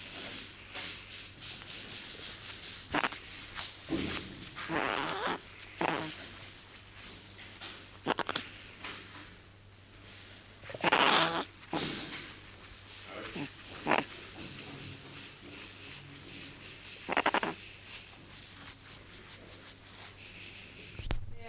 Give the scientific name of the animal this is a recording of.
Mandrillus sphinx